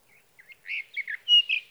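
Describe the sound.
Sage thrasher song fragment with short, rapid warbled notes and a sharp whistled slur.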